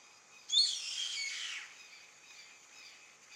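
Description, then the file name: Yellow-headed caracara giving one loud, harsh, screeching call that lasts about a second and slides downward, then fades into soft background chirping and hiss. "Canto do gaviao carrapateiro Milvago chimachima"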